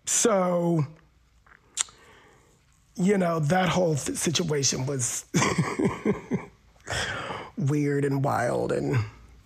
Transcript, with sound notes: So, you know, that whole situation was (laughter) weird and wild and